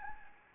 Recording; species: mosquito wingbeat signal from an infrared sensor; Anopheles gambiae